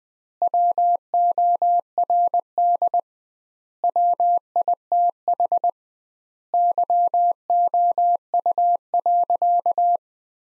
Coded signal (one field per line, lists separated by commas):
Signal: Morse code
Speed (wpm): 20 wpm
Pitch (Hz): 700 Hz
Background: none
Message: WORD WITH YOU.